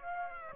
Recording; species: mosquito wingbeat signal from an infrared sensor; Aedes aegypti